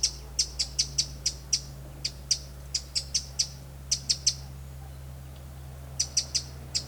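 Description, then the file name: Eurasian wren making hard, clicking tick notes, single or in short clusters at irregular intervals, with a constant low background hum. "Troglodytes troglodytes"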